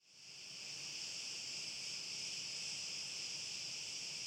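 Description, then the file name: Crickets chirping in a constant high-pitched chorus that fades in at the start, then stays steady and pulsing, with a light low hiss underneath. Crickets, recorded with wind. "Grillen Frei Spiel Tief Hoch Ober Rau Ton Wind"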